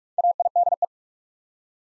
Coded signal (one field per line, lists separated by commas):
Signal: Morse code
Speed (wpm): 44 wpm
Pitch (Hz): 700 Hz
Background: none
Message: AIDE